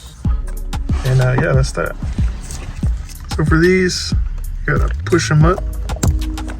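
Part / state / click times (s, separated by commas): airbag module retaining clip in steering wheel / released / 6.0 s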